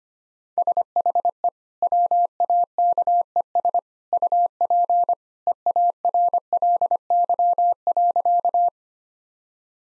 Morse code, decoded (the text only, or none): SHE WAKES UP EARLY.